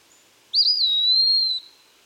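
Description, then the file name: Eastern wood pewee: one sustained high whistled note, a little wobbly at the onset, then smooth and even for about a second. "Contopus virens - Eastern Wood Pewee"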